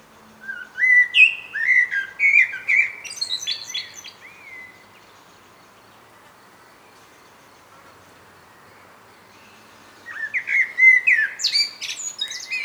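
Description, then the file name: Common blackbird song: two phrases of low fluted warbling and high, squeaky twittering, separated by several seconds of quiet. "Turdus merula"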